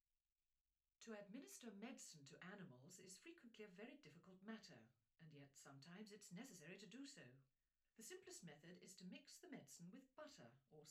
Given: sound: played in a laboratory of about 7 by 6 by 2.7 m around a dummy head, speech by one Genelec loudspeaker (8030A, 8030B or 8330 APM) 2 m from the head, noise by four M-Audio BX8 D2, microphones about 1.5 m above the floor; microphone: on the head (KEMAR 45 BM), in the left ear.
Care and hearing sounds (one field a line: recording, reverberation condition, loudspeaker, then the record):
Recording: female speech in English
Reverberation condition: low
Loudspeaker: behind (180 degrees)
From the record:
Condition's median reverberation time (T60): about 310 ms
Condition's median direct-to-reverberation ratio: about 3.5 dB